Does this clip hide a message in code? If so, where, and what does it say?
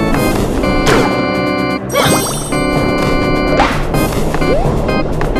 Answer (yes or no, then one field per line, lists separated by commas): no